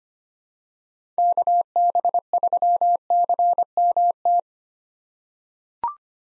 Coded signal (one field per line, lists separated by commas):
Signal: Morse code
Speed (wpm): 25 wpm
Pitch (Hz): 700 Hz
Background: none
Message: KB3CMT